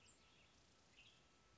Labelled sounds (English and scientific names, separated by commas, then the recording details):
Western Tanager (Piranga ludoviciana)
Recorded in Sonoma County, California